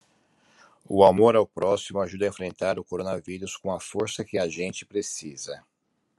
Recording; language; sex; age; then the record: spoken sentence; Brazilian Portuguese; male; 50 to 59 years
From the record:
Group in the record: control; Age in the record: 52 years